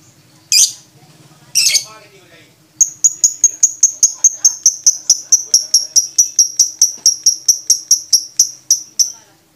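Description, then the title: Lovebird making two rasping squawks, then launching into a long, rapid series of ringing high chirps, over two per second. Champion lovebird with a clear voice, song used as masteran material for training other songbirds. "MASTERAN BURUNG 2. Kicau Suara Burung Lovebird Juara Suara Bening"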